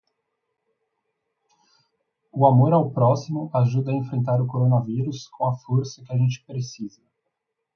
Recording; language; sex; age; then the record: spoken sentence; Brazilian Portuguese; male; 20 to 29 years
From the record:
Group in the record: control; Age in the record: 25 years